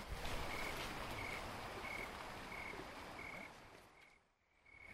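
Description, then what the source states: Snowy tree cricket song: a steady series of regular high chirps over low outdoor rumble. Wild snowy tree crickets in Boulder County, Colorado, in September; chirps counted for 20 seconds plus 40 estimate Fahrenheit temperature, 30 chirps giving about 70°F.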